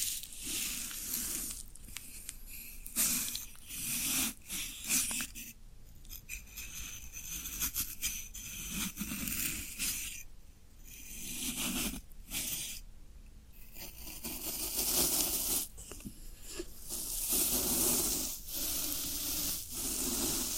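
Floral foam being worked, with hissy, crumbly scraping and tearing bursts that come and go irregularly, interrupted by brief quiet gaps.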